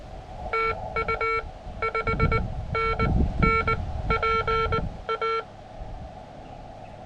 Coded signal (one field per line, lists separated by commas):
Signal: Morse code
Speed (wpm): 20 wpm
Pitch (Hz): 1350 Hz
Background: none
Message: TU 5NN PA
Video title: Georgia State Parks on the Air Contest Highlights - POTA, Camping, Hiking, Photos, and Gear